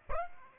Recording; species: mosquito wingbeat signal from an infrared sensor; Aedes aegypti